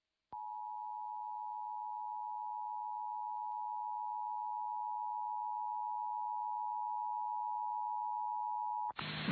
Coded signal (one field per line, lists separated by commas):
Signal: Emergency Alert System (SAME) tones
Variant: 853 and 960 Hz attention tone